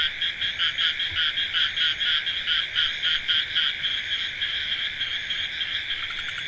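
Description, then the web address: Frog chorus of a high continuous trill and strong rhythmic pulsed croaks for most, then easing. "frogs hq recording"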